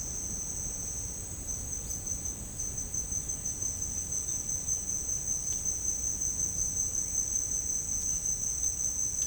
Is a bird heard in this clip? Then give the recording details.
yes. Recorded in dense forest near Puerto Asís, Putumayo, Colombia, on 23 June 2025 at 09:00. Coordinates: 0.481, -76.323. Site G072